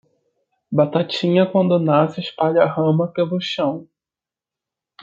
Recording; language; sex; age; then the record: short text; Brazilian Portuguese; male; 20 to 29 years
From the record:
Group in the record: control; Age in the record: 27 years